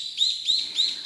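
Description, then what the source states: Brown-eared bulbul calls: three quick, shrill rising notes in a row. Recorded on Kamishima island, Mie Prefecture, Japan.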